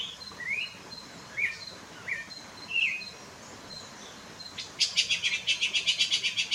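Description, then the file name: Red-crowned ant-tanager giving several short slurred whistled phrases, then breaking into a fast harsh rasping chatter; a thin high note repeats behind. "Canto do tie de bando"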